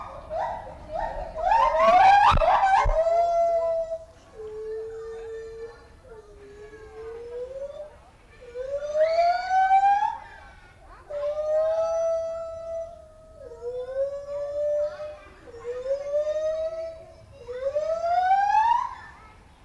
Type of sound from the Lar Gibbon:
call